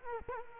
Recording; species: mosquito wingbeat signal from an infrared sensor; Culex quinquefasciatus